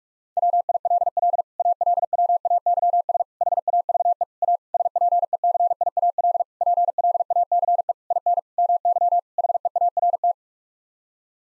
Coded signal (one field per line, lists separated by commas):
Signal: Morse code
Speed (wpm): 45 wpm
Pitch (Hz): 700 Hz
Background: none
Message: WILL ALWAYS HAVE A SPECIAL PLACE IN MY HEART